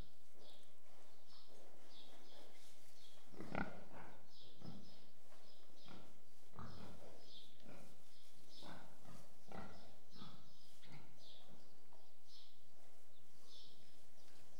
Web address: BBC Sound Effects Library BBC - Animals and Birds Pigs In Shed With Distant Birds